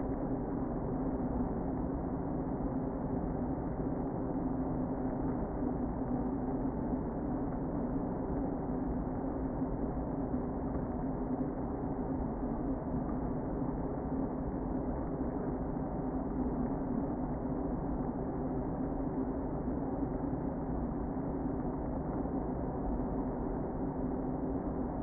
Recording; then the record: honeybee colony, microphone inside the hive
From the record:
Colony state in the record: queen present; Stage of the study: before two queens were removed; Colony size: about 60,000 bees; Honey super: yes